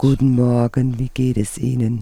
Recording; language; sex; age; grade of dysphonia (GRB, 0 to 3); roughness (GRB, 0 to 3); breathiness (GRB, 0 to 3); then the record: spoken sentence; German; female; 50 to 59 years; 2; 1; 2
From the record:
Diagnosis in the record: recurrent laryngeal nerve paralysis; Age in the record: 50 years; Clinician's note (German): Frische (8 Tage alt) links ohne Kompensation